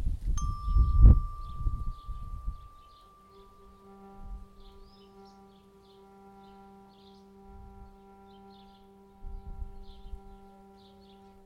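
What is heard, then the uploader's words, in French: A struck metal tone rings out early and hums on steadily, while wind rumbles in gusts and swallows twitter faintly above. Beaucoup d'oiseaux voltigent dans les arbres. Le vent fait bouger les arbres et les plantes du jardin. Sido a des percussions. Les hirondelles font écho à nos sons qui se répondent entre pose d'archet ou pizzicato, lame de métal ou lame de bois.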